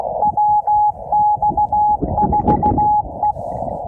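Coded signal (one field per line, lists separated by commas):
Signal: Morse code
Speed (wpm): 16 wpm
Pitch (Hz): 840 Hz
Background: none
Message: WX4E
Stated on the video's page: Winter Field Day park activation with CW on 10 to 80 meters, Yaesu FT-891 at 5 watts, 17-foot whip antenna with radials.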